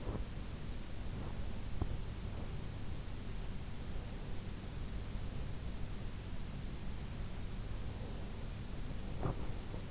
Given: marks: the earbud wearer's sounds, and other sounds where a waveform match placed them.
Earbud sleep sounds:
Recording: sounds in sleep by an in-ear microphone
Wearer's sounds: teeth grinding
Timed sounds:
0.00-2.57 s: teeth grinding
9.13-9.41 s: teeth grinding

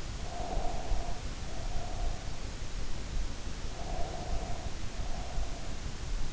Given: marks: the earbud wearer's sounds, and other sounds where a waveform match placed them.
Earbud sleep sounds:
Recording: sounds in sleep by an in-ear microphone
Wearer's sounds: breath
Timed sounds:
0.19-2.37 s: breath
3.70-5.87 s: breath

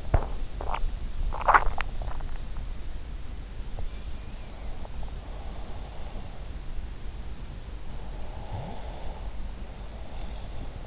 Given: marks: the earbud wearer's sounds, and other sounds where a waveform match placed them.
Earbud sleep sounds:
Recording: sounds in sleep by an in-ear microphone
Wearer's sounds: swallowing, breath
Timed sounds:
0.00-0.80 s: swallowing
1.34-1.91 s: swallowing
4.14-6.45 s: breath
7.95-10.87 s: breath

